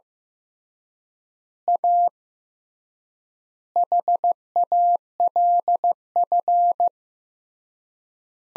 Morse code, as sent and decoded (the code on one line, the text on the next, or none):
.- / .... .- .-.. ..-.
A HALF